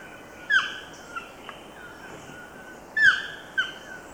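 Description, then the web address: Chestnut-tipped toucanet giving rough, nasal, downslurred calls, a loud one near the start and a loud pair near the end, with a few fainter notes between, over faint steady hiss. In Ecuador. "Birds of Ecuador. Chestnut-tipped Toucanet"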